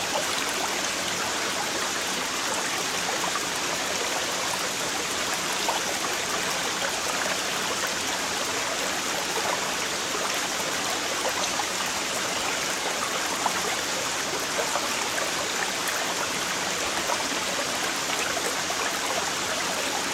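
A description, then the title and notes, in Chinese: A stream rushes steadily, its bright splashing and gurgling holding an even level from start to finish. The sound is dense, filled with fine sparkling detail and little low rumble, with no pauses or other noises breaking through. 哗啦啦的溪水流进你的耳朵。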